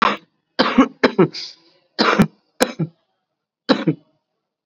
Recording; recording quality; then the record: heavy voluntary cough; excellent, no background noise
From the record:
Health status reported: COVID-19 positive, mild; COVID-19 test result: positive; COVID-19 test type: RT-PCR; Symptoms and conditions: cough, sore throat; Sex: male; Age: 18 years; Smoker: no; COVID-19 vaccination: both doses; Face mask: worn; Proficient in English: yes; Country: India